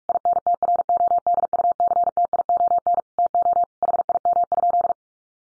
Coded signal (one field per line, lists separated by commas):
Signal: Morse code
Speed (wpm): 44 wpm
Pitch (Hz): 700 Hz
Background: none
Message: INTRODUCTION TO HIM?